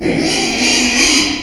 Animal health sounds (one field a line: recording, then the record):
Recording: squeal of a Yucatan mini pig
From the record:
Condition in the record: after surgery on the right vocal fold (resection and tissue-engineered implant)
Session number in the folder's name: 2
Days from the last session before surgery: 13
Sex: male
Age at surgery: 12 weeks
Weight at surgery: 13 kg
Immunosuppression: cyclosporine, prednisolone